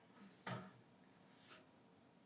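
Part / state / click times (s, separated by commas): rotary scrub brush on the three-lug drive of a rider scrubber deck / released / 0.5 s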